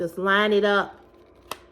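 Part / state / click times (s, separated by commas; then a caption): plastic trash container lid half into its base / seated / 1.5 s. Someone talks while lining up the two halves of a small plastic car trash container after emptying it. At 1.5 seconds the lid half snaps into its base with a short, sharp click, locking the bin back together.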